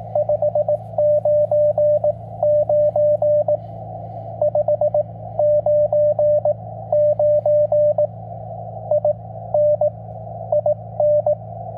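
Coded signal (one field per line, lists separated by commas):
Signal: Morse code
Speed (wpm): 17 wpm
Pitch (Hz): 560 Hz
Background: radio noise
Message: 599 599 IN IN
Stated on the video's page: Straight-key CW from a QRP parks-on-the-air activation on an FT-891 with a 9:1 end-fed random wire and ZM-2 tuner, on 15, 17, 20 and 40 m.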